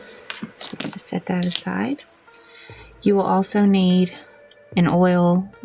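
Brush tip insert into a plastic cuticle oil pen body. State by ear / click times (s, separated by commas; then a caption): seated / 0.3 s. The brush tip of an empty plastic cuticle oil pen, turned upside down, clicks into place in the pen body at 0.3 s with a sharp click, so the pen won't leak. Someone talks over the rest of the clip.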